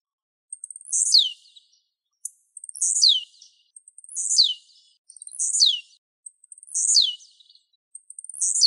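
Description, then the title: Bird song: several high, quick phrases, each a buzzy burst sliding steeply downward, repeated about every one and a half seconds. "LuckyPassaros CompletosSama"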